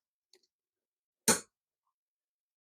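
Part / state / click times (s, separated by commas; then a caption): infant car seat LATCH connector onto vehicle lower anchor bar / seated / 1.3 s. The second LATCH connector on the base strap of a Cybex Cloud Q infant car seat is pushed onto the vehicle's metal lower anchor bar. After a faint tick at 0.3 s, a sharp, loud click sounds at 1.3 s, followed by silence. The connector is seated, and both sides are now attached.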